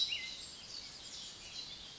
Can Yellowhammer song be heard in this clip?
no